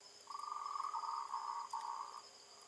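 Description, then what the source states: Frog giving a steady, rapidly pulsed mid-pitched trill of about two seconds with a brief break near the end, against a quiet background. Recorded on 20 March 2021 in the evening, around 20:47.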